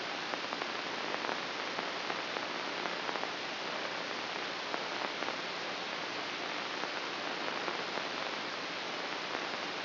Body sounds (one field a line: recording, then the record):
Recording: brain microelectrode recording played as sound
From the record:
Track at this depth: inside the subthalamic nucleus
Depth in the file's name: 2.126 mm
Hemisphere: right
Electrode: 2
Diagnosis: Parkinson's disease